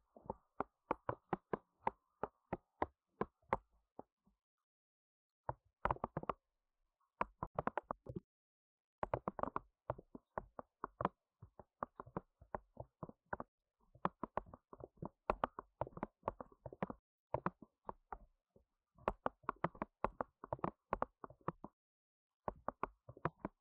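Rapid knocking and tapping comes in irregular bursts, sharp strikes running from deep thuds up to bright clicks. Clusters of quick hits alternate with brief silences, near 4, 7 and 22 seconds, against an otherwise quiet background.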